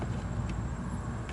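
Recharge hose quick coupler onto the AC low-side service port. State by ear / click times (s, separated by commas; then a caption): not seated / none. An AC recharge hose quick-connect coupler is handled over a car's low-pressure (low-side) service port against a steady low rumble, with brief faint handling noises around 0.5 s and 1.3 s. The coupler has not clicked or seated onto the port yet.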